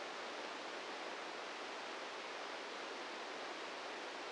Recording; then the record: brain microelectrode recording played as sound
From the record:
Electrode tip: inside the subthalamic nucleus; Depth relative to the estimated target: -1 mm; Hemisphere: left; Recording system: NeuroSet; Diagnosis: Parkinson's disease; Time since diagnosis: 8 years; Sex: male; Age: 46 years